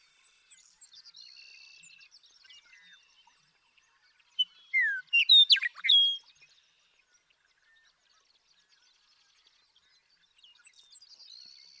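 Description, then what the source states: Western meadowlark delivers a single rich, gurgling whistled song in the middle, with faint twittering before and after. One male (Bird 1), Sierra Valley, eastern California, 2018.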